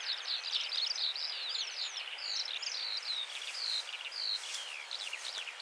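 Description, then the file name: Eurasian skylark singing a fast, sustained warble of high chirps and short slurred whistles, with some brief clicking sounds later in the stretch. "Eurasian Skylark Alauda arvensis"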